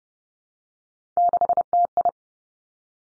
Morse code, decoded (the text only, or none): 6TI